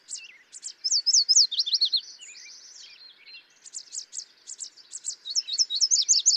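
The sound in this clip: Yellow warbler song: clear high whistled notes tumbling into a quick downslurred finish, repeated twice, with softer notes between phrases.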